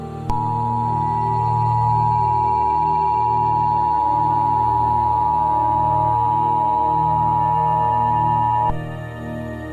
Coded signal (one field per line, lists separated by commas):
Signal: Emergency Alert System (SAME) tones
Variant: 853 and 960 Hz attention tone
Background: music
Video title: MURDERMAS CHRISTMAS | A Christmas EAS Scenario